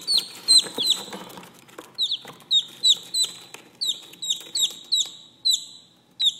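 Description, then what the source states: Chick peeping: high, downward-sliding peeps in uneven bursts, with soft clattering and rustling knocks in the first seconds. Chick, a young chicken, calling.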